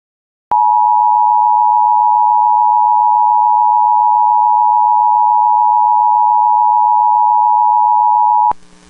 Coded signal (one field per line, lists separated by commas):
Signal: Emergency Alert System (SAME) tones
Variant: 853 and 960 Hz attention tone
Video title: EAS Alerts I Missed on 7/7/24